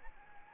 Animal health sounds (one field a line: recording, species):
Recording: mosquito wingbeat signal from an infrared sensor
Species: Anopheles arabiensis